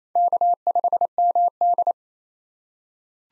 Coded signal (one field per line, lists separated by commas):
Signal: Morse code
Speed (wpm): 29 wpm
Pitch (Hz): 700 Hz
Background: none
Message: K5MD